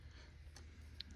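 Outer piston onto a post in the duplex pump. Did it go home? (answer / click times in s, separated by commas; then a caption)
yes / 1.0 s. An outer piston is pushed onto its post in a duplex pump and snaps into place with a sharp, brief click at 1.0 s. Fainter ticks come at about 0.6 s and 1.1 s over a low, steady hum.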